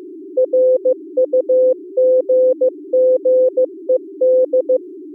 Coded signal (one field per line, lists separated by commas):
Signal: Morse code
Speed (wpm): 22 wpm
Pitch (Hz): 510 Hz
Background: music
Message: RUGGED